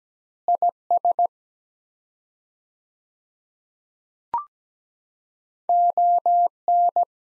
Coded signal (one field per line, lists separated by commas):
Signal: Morse code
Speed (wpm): 17 wpm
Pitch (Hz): 700 Hz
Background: none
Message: IS ON